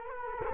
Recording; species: mosquito wingbeat signal from an infrared sensor; Culex quinquefasciatus